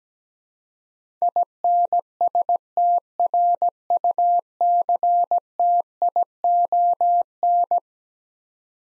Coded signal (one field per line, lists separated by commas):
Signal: Morse code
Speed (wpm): 17 wpm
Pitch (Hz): 700 Hz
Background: none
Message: INSTRUCTION